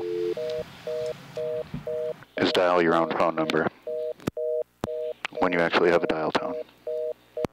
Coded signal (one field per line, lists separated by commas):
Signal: telephone call progress tone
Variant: North America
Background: speech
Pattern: dial tone